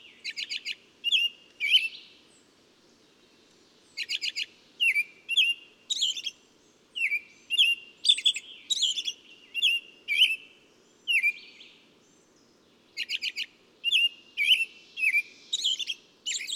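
Bird song: quick chirps and twittering phrases, high and bright, in runs separated by short silences, with a faint low hum beneath.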